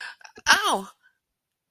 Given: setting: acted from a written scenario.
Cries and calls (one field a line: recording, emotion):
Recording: vocal sound without words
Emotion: pain